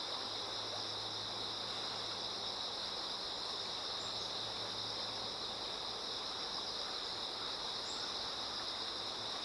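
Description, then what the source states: Insect chorus with a continuous high buzz, over flowing water, plus a low hum and a couple of tiny chirps. Insects singing in chorus beside a slowly flowing river.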